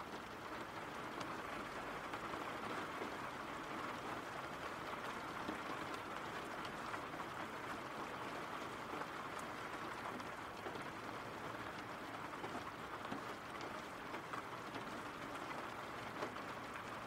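Rain falls steadily with a dense, even hiss that holds level from start to finish. Fine drop patter and small ticks scatter through it, with a faint low rumble underneath and no clear pauses or separate events.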